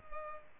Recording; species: mosquito wingbeat signal from an infrared sensor; Culex pipiens